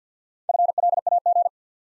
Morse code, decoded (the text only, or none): FLAG